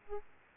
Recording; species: mosquito wingbeat signal from an infrared sensor; Aedes aegypti